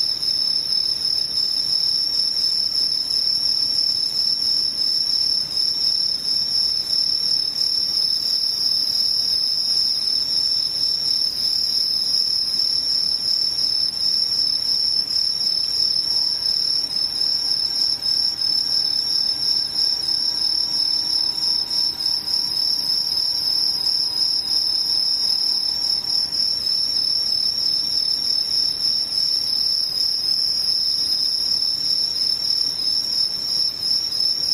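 Insects trill without pause, a dense, bright, high ringing that holds steady for the whole stretch. From about sixteen to twenty-six seconds a faint thin tone hums underneath, and a soft low rumble runs throughout.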